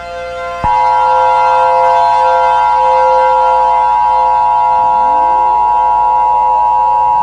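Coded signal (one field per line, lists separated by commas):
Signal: Emergency Alert System (SAME) tones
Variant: 853 and 960 Hz attention tone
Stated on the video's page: Fictional EAS mock about the atmosphere dissolving.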